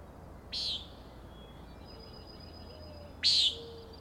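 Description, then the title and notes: Common nighthawk delivering two buzzy peent notes a few seconds apart, the second louder, with faint thin whistles in between. Three birds peenting, flying in close follow-the-leader formation at 375–450 feet, very close to recordist; Schoodic Head overlook, Acadia National Park, Winter Harbor, Maine; 4am, 16 June 2017. "Common Nighthawks, Schoodic Head 061617 4am. 3 common nighthawks making peenting calls and wings booms but also a rattling noise at the Overlook (410 ft) on Schoodic Head (435 feet) Schoodic division Acadia National Park Winter Harbor, ME"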